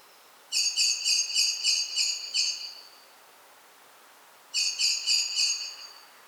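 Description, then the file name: Common blackbird scolding chatter, a run of about eight quick, harsh repeated notes, a two-second pause, then a shorter burst of four or five similar notes. "Turdus merula"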